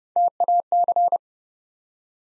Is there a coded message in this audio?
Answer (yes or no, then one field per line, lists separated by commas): yes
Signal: Morse code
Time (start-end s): 0.2-1.2 s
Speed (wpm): 30 wpm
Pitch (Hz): 700 Hz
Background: none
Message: TAC